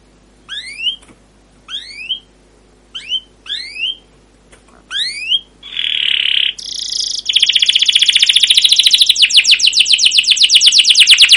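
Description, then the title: Canary song: several separate rising whistled chirps, then buzzy notes and a long, rapid, high rolling trill. Canary song used as a lure (pancingan) for training other canaries; described as gacor, long rolling song (ngerol) with cuit cuit notes. "CUIT CUIT NGEROL LANGSUNG GACOR PANJANG Kenari Ini AMPUH Utk Pancingan KENAR. Masteran Suara Burung Kenari Gacor Panjang cuit cuit Ngerol untuk Pancingan Kenari!"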